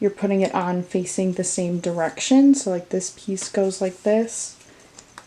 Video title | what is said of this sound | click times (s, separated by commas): Arcadia LumenIZE... Are They Worth It???? | You get this on there. Here we go. Nice little click. | 5.0 s, 5.2 s